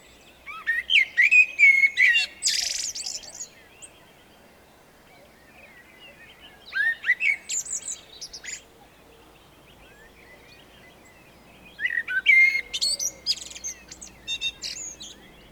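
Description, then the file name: Eurasian blackbird song in three separate phrases, each a mellow warbled whistle trailing into scratchy high notes, with quiet gaps between them. "Turdus merula"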